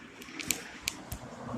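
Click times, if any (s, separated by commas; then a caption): 0.5 s, 0.9 s. A rear wiper blade on a Jeep Renegade is squared up in the wiper arm's groove, and its plastic is pulled back so it pops into place on the arm. Sharp plastic snaps ring out at 0.5 s and 0.9 s, with fainter ticks around 0.2 s and 1.1 s over a low steady background. The blade ends up seated on the arm.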